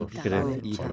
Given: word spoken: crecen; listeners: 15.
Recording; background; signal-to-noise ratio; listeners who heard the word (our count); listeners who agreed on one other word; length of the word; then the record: one Spanish word in noise, from a listening test; four-talker babble; 0.1 dB; 0 of 15; 6 of 15; 0.52 s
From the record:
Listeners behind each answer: 6, 3, 1, 1, 1, 1, 1, 1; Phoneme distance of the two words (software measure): 7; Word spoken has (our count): 2 syllables, 6 phonemes, stress on syllable 1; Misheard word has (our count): 2 syllables, 5 phonemes, stress on syllable 1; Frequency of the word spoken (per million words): 10.16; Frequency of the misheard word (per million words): 21.02